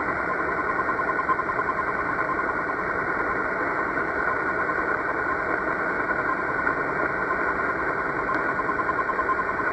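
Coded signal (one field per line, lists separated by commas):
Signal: radio time signal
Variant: RWM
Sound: hissy shortwave static with a fast train of short 1 kHz pips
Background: radio static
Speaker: time signal from Moscow Russia on 9996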